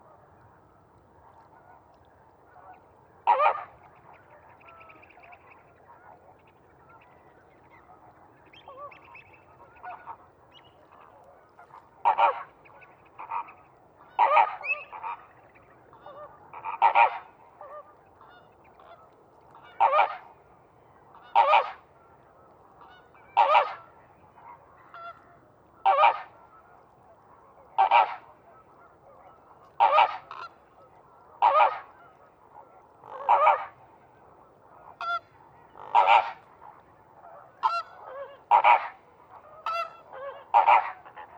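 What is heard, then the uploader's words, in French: Greater flamingos keep up a continuous goose-like murmur all around, with louder honking calls standing out roughly every one to two seconds from about twelve seconds on. Beneath them runs a dense, steady chatter of birds, and a faint low rumble sits underneath. Murmures de l'hiver en Camargue. 23h00 - Digue à la mer - Phare de la Gacholle - Camargue - Nomad zaxcom - mkh8020. Rumeur continue des Flamants roses tout autour de moi. Le mistral se repose pour quelques heures, laissant enfin les sons et ambiances se propager dans ce merveilleux paysage de sansouire hivernal.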